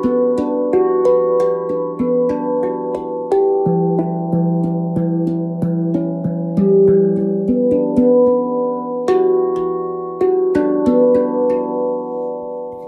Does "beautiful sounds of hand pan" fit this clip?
yes